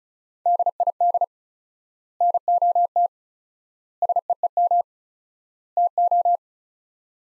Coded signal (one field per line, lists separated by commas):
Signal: Morse code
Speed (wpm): 36 wpm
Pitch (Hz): 700 Hz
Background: none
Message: DID NOT SEEM TO